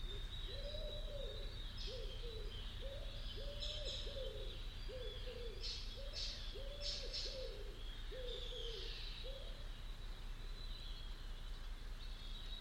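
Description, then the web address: Bird calling with a run of hollow, hooting notes, while thin higher chirps from other birds and a steady low hum continue. "cianscape. Deverinetal. Bird Only"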